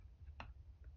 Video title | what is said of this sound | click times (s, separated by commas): SIG Sauer P210 American Frame Hammer Box Commentary (see newer video for full detail strip) | feel it click and | 0.4 s